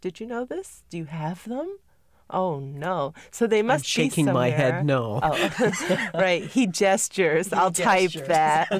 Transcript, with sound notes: Did you know this? Do you have them? Oh, no. So they must be somewhere.
I'm shaking my head no.
( they laugh ) Right. He gestures. I'll type that.